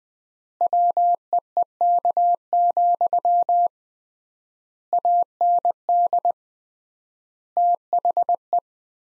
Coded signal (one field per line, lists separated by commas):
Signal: Morse code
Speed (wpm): 21 wpm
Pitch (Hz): 700 Hz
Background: none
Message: WEEK, AND THE